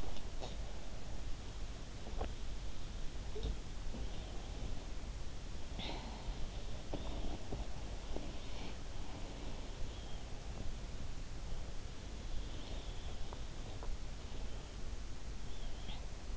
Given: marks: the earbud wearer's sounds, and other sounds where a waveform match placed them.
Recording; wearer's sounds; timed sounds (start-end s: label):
sounds in sleep by an in-ear microphone; teeth grinding, swallowing, breath, body movement
0.00-0.58 s: teeth grinding
1.85-2.53 s: swallowing
3.19-6.83 s: swallowing
5.62-6.47 s: breath
6.74-15.66 s: body movement
15.44-16.37 s: breath